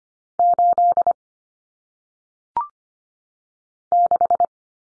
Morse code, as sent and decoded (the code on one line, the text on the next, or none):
---.. / -....
8 6